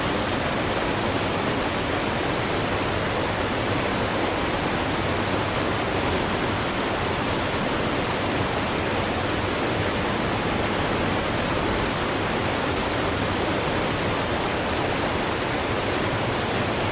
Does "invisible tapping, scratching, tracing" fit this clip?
no